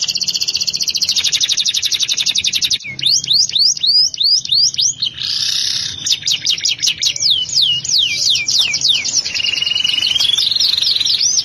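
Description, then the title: Canary song starting with a fast rattling trill, then a series of bright swooping notes, a buzzy burst, more sweeps and a rising whistled phrase. "Kenari"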